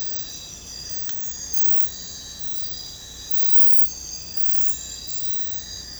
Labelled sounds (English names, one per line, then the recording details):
none
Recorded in secondary vegetation near Puerto Asís, Putumayo, Colombia, on 22 December 2024 at 01:30
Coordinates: 0.499, -76.323
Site G010